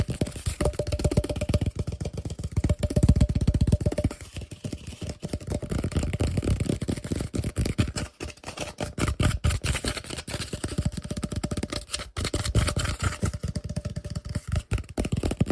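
Fast, aggressive tapping and scratching, a dense run of sharp clicks and rasping strokes that rarely lets up. The sound is mostly low and rumbling, with brief near-silent gaps around 8 and 12 seconds before the rapid scratching resumes.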